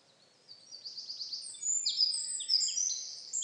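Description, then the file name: Eurasian wren, a shrill song of quick notes and rapid trills that grows louder and keeps going to the end. "Troglodytes troglodytes"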